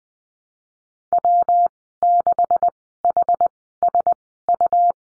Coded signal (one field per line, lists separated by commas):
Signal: Morse code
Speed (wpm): 20 wpm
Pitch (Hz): 700 Hz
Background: none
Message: W6HSU